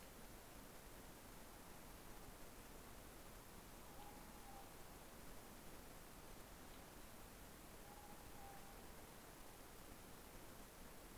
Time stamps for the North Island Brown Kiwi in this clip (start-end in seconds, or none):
none